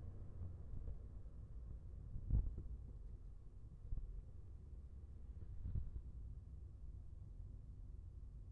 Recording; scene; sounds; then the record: everyday scene through a hearing-aid microphone; in a vehicle; engine, rumble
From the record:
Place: Skoda Fabia, gasoline engine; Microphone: behind the ear, left, front